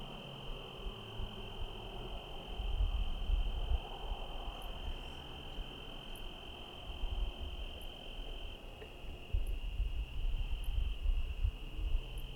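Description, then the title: Cricket trill holds a steady high pitch that steps slightly partway through, with several faint high ticks and a low rumble below. Night ambience in rain, Trinity County, California, USA, dated 17/10/25 around 05:06 (time approximate); recorded on a Zoom H1 with internal XY mics. "Trinity County, Californie, États-Unis d'Amérique - 17_10_25_05_06 grillons nuit voitures PLUIE"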